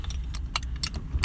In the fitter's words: Alright, now click the That's top it. ones in. They just click in.